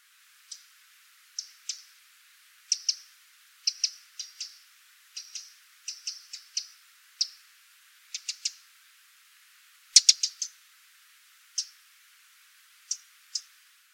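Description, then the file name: Eurasian wren uttering high, dry ticking notes, singly and in quick clusters of two or three, scattered irregularly throughout. "Troglodytes troglodytes"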